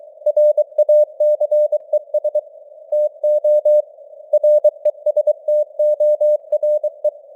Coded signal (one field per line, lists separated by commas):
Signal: Morse code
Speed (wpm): 23 wpm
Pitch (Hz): 600 Hz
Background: none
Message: RACES TO RESTORE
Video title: Morse Code News | 2025-09-27 | 23wpm